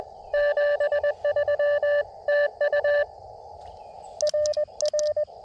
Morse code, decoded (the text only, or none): 73 TU RR